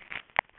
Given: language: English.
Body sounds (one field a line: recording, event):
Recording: throat vibration sensor signal played as sound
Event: swallow